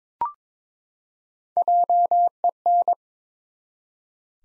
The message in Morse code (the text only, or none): JEN